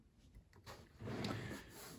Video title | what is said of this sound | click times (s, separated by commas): Lego Star Wars Imperial Shuttle | You know, you can hear it and feel it kind of click into place when you close it. | 1.2 s